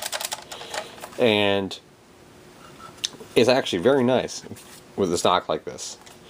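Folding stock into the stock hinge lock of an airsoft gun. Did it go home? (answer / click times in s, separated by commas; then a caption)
no / none. Someone talks while handling the folding stock of an Umarex airsoft gun, swinging it toward its stock hinge lock, with light rattling taps early on and a sharp, brief tick around 3.1 s. The stock has not yet locked into place, and nothing has seated or clicked by the end.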